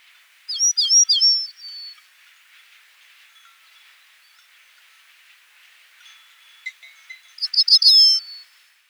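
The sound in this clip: Grey-necked bunting song: two brief phrases of high, sliding whistled notes, one near the start and one near the end, with a soft steady hiss in between.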